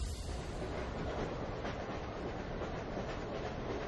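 A passenger train bound for Yantai rolls along steadily, its broad, continuous rumble filling the whole stretch with a constant roar and faint rhythmic rattling of the carriages. No voices are heard.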